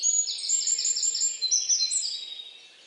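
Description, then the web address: Bird notes, a rapid series of high falling chirps with a thin whistled tone above, quieting toward the end. "Deverinetal 2025 File origin Bird Only"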